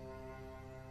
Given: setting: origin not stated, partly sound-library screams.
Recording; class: one-second piece from a danger detection set; normal situation